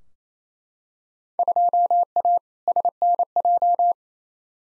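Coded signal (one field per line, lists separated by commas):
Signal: Morse code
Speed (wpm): 27 wpm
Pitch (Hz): 700 Hz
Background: none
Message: 2A SNJ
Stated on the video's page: Head-copy drill of Field Day contest exchanges at 28 wpm, sent in Morse, spoken, then sent again; exchanges weighted roughly by 2019 participation.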